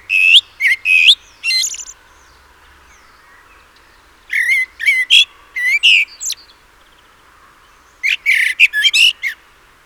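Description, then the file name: Common blackbird calling in three bursts of scratchy, ringing notes, about four seconds apart. "Turdus merula"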